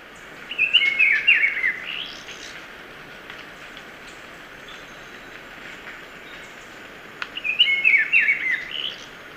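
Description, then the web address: Black-billed peppershrike song: a rich, warbled phrase of slurred whistles given twice, about seven seconds apart, with quiet hiss between. Ecuador. "Natures Songs S America Birds of Ecuador. Black-billed Peppershrike"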